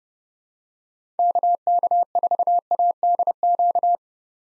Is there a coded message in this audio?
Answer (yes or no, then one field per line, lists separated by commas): yes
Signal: Morse code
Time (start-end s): 1.2-4.0 s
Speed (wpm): 30 wpm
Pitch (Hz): 700 Hz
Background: none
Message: KK4ADQ